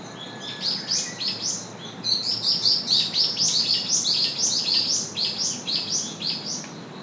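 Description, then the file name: Japanese paradise flycatcher song: a fast run of bright, high chirping notes, about two per second, over a low background rumble. "sankocho"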